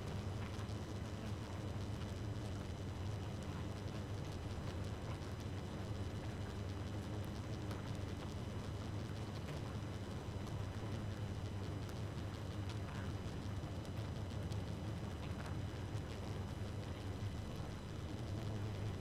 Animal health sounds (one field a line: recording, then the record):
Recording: honeybee colony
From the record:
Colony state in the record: active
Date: 12 June 2018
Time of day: 2:23